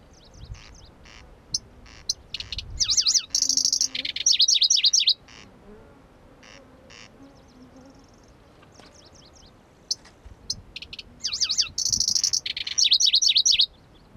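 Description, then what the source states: Pallas's grasshopper warbler song: scattered sharp ticks, then two loud bursts of fast, repeated swooping high notes and buzzy trills, with quiet pauses between. Recorded at Kuda on 25 June 2012.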